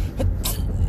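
A brief muffled catch then a sharp hissing puff: an adult man imitating his wife's held-back, stifled sneeze.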